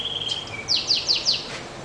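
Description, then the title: Double-collared seedeater song: a thin steady whistle, then four high, buzzy, down-slurred notes in quick succession. "Canto Coleiro"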